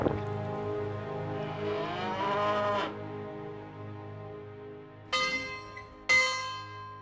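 A long, low mooing call from cattle tended by children alongside goats and calves rises slightly in pitch and fades out, followed after a pause by two bright, ringing bell clangs about a second apart.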